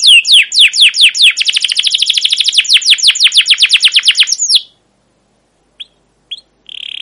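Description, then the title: Canary singing a fast series of descending chirps that speed into a rolling trill, then stopping, followed by a few short notes and the start of another trill. Captive canary long continuous chirping song used as a lure and model for teaching young canaries to sing. "CUIT CUIT NGEROL LANGSUNG GACOR PANJANG Kenari Ini AMPUH Utk Pancingan KENAR. PANCINGAN Kenari GACOR PANJANG Cuit CUIT EMOSI ini AMPUH utk MASTERAN Kenari PAUD belajar BUNYI"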